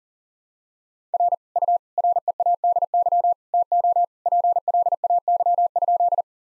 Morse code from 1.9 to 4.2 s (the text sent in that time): READY TO